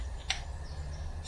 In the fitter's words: start with one in the middle until it clicks